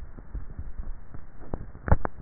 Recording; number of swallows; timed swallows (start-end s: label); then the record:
swallowing sounds by neck microphone; 1
0.05-0.95 s: swallow
From the record:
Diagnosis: dysphagia